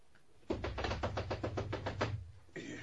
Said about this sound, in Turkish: Gecenin bu köründe böyle kapıyı çalan da kim?